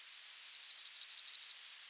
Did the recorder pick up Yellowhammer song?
yes